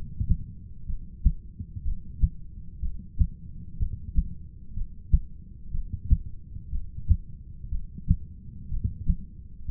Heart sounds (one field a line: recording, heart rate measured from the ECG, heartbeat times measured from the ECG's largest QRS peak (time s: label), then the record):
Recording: heart sounds by stethoscope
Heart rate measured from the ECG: 61 bpm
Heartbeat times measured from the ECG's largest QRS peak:
0.86 s: heartbeat
1.83 s: heartbeat
2.80 s: heartbeat
3.78 s: heartbeat
4.74 s: heartbeat
5.71 s: heartbeat
6.70 s: heartbeat
7.69 s: heartbeat
8.69 s: heartbeat
9.66 s: heartbeat
From the record:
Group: heart failure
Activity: rest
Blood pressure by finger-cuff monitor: 112/78 mmHg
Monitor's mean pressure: 91 mmHg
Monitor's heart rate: 61 bpm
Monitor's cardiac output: 6.2 L/min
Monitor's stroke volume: 101 mL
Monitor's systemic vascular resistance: 1070 dyn s/cm5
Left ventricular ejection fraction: 25%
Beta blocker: metoprolol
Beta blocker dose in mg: 62.5 twice daily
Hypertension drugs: ramipril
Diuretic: furosemide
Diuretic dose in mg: 40 twice daily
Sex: male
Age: 57 years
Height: 180 cm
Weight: 90.5 kg